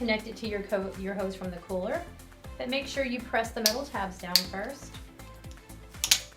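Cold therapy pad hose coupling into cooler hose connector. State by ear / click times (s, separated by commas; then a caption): seated / 6.0 s, 6.1 s. Someone talks over background music while pushing the hose from a Breg Polar Care Cube hand and wrist pad into the cooler's hose coupling after pressing its metal tabs down. Sharp clicks ring out at about 6.0 and 6.1 seconds as the coupling fastens in place, showing the connection is secure.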